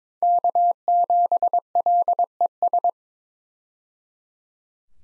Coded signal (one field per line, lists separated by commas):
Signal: Morse code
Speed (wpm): 22 wpm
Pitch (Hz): 700 Hz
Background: none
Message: K7LES